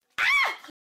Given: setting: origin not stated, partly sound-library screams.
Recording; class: one-second piece from a danger detection set; woman in danger